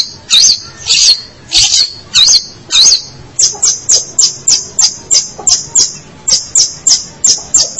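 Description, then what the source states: Long-tailed shrike song: high squeaky notes, first a few slurred phrases, then a fast, steady series of short sharp chips. Local name pentet; labelled 201703.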